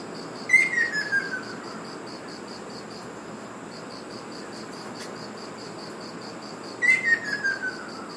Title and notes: 赤翡翠 - Ruddy Kingfisher. Recorded in Iriomote Island Okinawa Japan